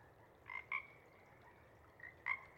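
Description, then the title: Pacific chorus frog croaks, a few faint two-part calls scattered through a quiet background, with longer gaps between them. Full chorus at a pond in pre-morning twilight, waxing and waning in waves that circle the pond, then tapering into staccato sections as temperature drops and individuals leave to hunt. "Chorus Frogs, Chorus Waxes and Wanes, pre-morning-twilight"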